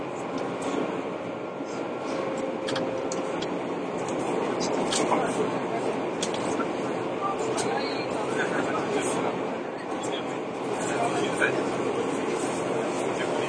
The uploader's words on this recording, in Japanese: 伊豆急2100系(キンメ電車) 熱海〜伊東。JR伊東線の区間で録音した。制御機器など制御方式は全編成とも抵抗制御である。ブレーキシステムは発電ブレーキ併用電磁直通ブレーキ (HSC-D) であり、合わせて抑速ブレーキも装備する。主電動機はTDK806/5-A、歯車比は5.31。